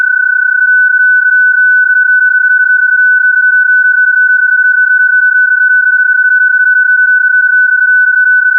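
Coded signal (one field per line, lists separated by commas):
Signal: PSK31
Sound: one steady, slightly warbling pure tone around 1.5 kHz throughout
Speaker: Oh, whoops, except I have KK3AM. KKK3AM. That's a pretty bad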